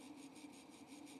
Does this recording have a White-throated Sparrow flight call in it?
no